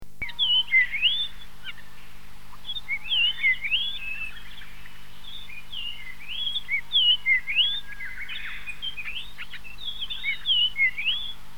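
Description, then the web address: Japanese grosbeak singing clear whistled phrases, each of a few rising and falling notes, repeated in bursts every second or two over a low steady hum. Recorded in 2008. "asahi kenharu 2008 ikaru"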